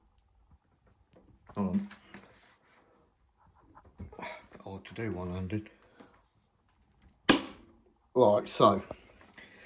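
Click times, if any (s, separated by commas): 7.3 s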